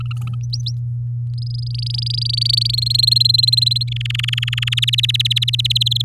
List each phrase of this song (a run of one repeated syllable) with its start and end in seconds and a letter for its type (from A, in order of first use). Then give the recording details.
0.00-0.35 A, 0.41-0.71 B, 1.38-2.67 C, 2.69-3.89 D, 3.92-4.79 E, 4.82-5.83 F, 5.86-6.02 G. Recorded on 8 May 2018 at 19:43. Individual llb16